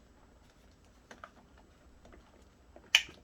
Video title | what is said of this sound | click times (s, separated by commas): Vacmaster Captura Unboxing & Assembly Tutorial | Oh, there it goes. Yep. So there we go. Clicks in right there. | 2.9 s